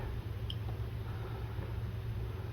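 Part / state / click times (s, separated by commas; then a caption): titanium handle scale onto folding knife frame / seated / 0.5 s. During a scale swap on a Benchmade 535 Bugout folding knife, the second patinaed titanium handle scale is pressed onto the knife's internal frame and liners. A single short, sharp pop at 0.5 s, heard over a steady low hum, marks the scale seating onto the frame.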